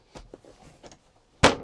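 A tapered front infill board is fitted into the front frame of the shorter bench in a WildAx Altair RL rear-lounge van conversion. Quiet wooden rubbing and sliding bumps come first, then a single loud knock at 1.4 s taps the board into place, seating it.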